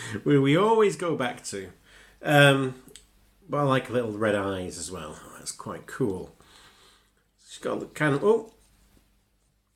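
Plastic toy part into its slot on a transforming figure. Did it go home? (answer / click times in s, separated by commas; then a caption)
no / none. Someone talks while a plastic part of a small transforming dinosaur robot figure is pressed into its slot, where it should click into place. No click is heard, and nothing has seated or clicked yet; the part just rests there loosely without a firm click.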